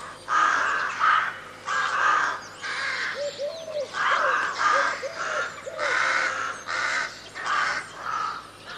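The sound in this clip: Crows cawing repeatedly in harsh bursts, with a short run of lower arched ringing notes midway.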